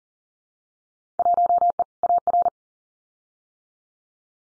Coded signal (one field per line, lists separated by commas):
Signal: Morse code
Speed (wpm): 40 wpm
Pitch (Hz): 700 Hz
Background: none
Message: 1E AR